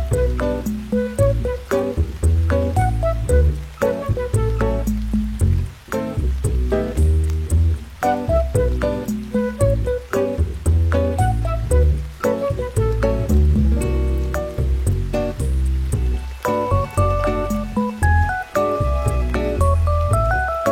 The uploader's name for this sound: Music w/ Rain Sounds